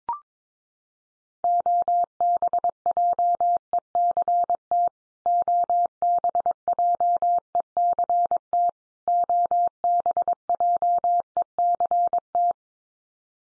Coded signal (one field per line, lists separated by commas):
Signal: Morse code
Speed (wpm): 22 wpm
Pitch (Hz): 700 Hz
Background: none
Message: OBJECT OBJECT OBJECT